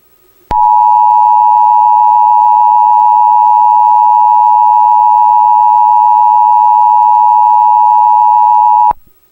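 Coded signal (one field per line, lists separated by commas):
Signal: Emergency Alert System (SAME) tones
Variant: 853 and 960 Hz attention tone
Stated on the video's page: Fictional EAS scenario of a Washington D.C. earthquake.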